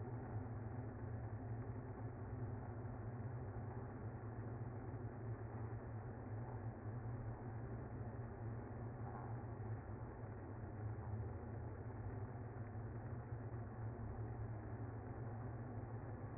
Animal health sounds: honeybee colony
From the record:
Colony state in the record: active

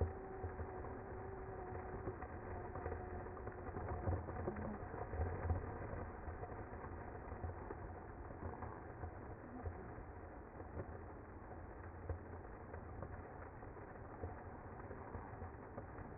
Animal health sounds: honeybee colony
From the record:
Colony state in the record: active

